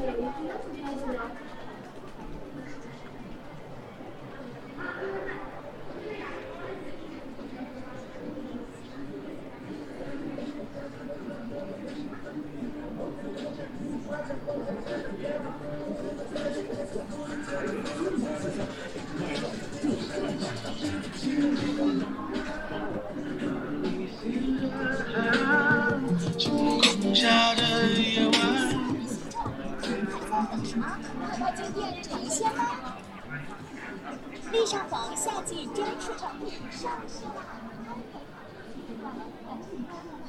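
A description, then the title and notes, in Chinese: Crowd ambience at Hongyadong in Chongqing, with many voices talking at once in a steady, dense murmur. Closer speech rises out of the chatter now and then, busiest around the middle and again near 25 to 30 seconds, over a constant low hum. 重庆洪崖洞。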